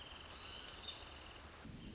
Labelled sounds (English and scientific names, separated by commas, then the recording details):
Wrentit (Chamaea fasciata)
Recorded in Sonoma County, California